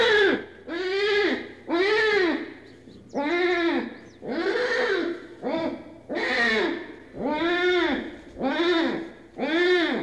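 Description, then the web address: Tiger cub crying, a series of arched, mewing cries, each rising then falling, about once a second. Cub, in a cage, crying. "tiger cub crying in cage animal cat"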